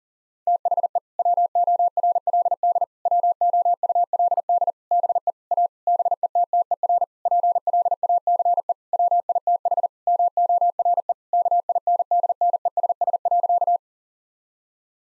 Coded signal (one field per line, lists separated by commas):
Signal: Morse code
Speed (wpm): 40 wpm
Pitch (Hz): 700 Hz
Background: none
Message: THE WORLD WOULD BE A BETTER PLACE WITH MORE KINDNESS.